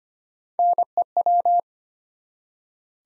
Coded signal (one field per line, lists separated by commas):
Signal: Morse code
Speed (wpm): 25 wpm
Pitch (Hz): 700 Hz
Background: none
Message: NEW